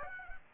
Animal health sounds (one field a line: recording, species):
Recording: mosquito wingbeat signal from an infrared sensor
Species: Aedes aegypti